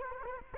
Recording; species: mosquito wingbeat signal from an infrared sensor; Culex quinquefasciatus